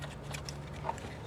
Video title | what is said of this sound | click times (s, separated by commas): fixing burnt-out alternator wire harness | There you go, that snapped in place. | 0.9 s